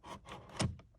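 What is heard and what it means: The multifunction switch console of a 2014 Mercedes GL 450, carrying the turn signal, cruise control and wiper stalks, is handled as it is slid onto the steering column and pressed in at its corners. A series of soft scraping and rustling handling noises builds to a dull bump near 0.6 s, followed by a faint tick near 0.8 s. The console has not snapped into place or seated yet.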